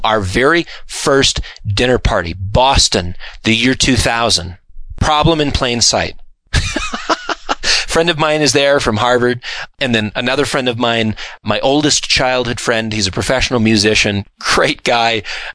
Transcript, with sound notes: Our very first dinner party, Boston, the year 2000. Problem in plain sight (laughs). A friend of mine is there from Harvard. And then another friend of mine, my oldest childhood friend. He is a professional musician, great guy.